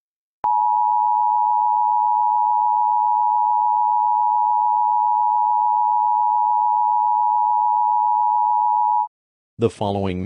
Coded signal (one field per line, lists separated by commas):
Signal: Emergency Alert System (SAME) tones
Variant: 853 and 960 Hz attention tone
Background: speech